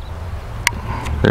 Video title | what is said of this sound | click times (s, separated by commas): SimToo MOMENT Folding 4K GPS Selfie Drone - Full Review - Unboxing, Flight Test & FLY AWAY! 😰 | it down so we hear the two clicks there | 0.7 s, 1.2 s